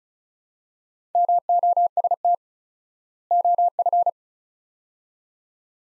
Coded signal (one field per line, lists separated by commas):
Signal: Morse code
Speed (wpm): 36 wpm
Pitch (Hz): 700 Hz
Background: none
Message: MOST OF